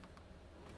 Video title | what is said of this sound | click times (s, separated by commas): 맥스휀 설치영상입니다. | everything will snap into place perfectly. Yes. | 0.0 s, 0.2 s